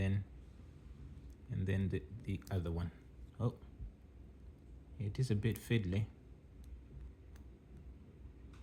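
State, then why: Not seated. Someone talks while fitting a replacement silicone strap's spring-bar pin into the case lug of a Samsung Watch Ultra, a fiddly job where the pin is hard to see. A few faint ticks follow the talking, but nothing has seated or clicked yet; the pin is not home when the clip ends.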